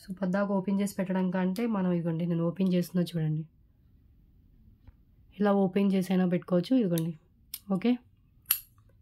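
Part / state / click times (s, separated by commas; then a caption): bangle clasp closing into its catch / seated / 8.5 s. Someone talks while opening and showing a hinged, openable metal bangle, then closes its clasp into the catch. The clasp snaps shut with a sharp click at 8.5 s, locking the bangle closed.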